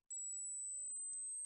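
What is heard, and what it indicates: A steady, piercing high-pitched pure tone like a dog whistle, rising slightly, played as a test tone for finding the frequency of tinnitus by pitch matching.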